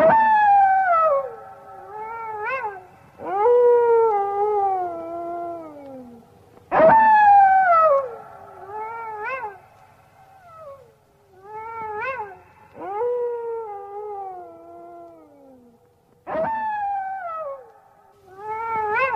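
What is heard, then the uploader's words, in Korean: A wolf howls in long, sliding calls that rise and then fall slowly, several seconds each, with shorter yelping rises in between. The howls come in repeated waves about every three to six seconds, clear and fairly bright, against a quiet background. 늑대 울음 소리.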